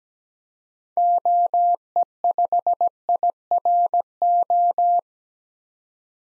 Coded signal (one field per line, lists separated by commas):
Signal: Morse code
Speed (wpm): 17 wpm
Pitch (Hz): 700 Hz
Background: none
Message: OE5IRO